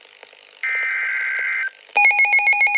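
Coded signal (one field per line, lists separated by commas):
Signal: Emergency Alert System (SAME) tones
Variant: header bursts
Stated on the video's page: Severe thunderstorm warning SAME alert for Central New Jersey.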